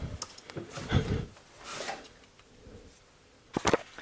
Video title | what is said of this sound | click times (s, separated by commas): Гудит передок при движении. Что менять подшипник??? HONDA . Replacing the front hub or bearing? | все слышали о характерный такой щелчок шрус на месте | 3.6 s, 3.7 s